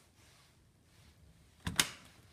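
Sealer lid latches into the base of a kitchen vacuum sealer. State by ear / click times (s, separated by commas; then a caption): seated / 1.7 s, 1.8 s. After lowering the lid of a portable plastic kitchen vacuum sealer, both side buttons are pressed to lock the lid down into the base. Following a quiet stretch, two short sharp clicks are heard at 1.7 s and 1.8 s, one per latch, the second louder with a brief fading tail. The lid latches click shut and the lid is seated.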